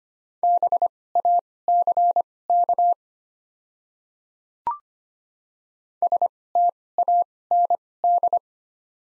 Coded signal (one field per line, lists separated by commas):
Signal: Morse code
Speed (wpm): 25 wpm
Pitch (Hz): 700 Hz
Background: none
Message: BACK STAND